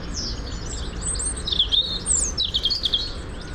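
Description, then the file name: European robin singing high, sweet warbled phrases with twitters and trills, over a constant low rumble of background noise. "Erithacus rubecula"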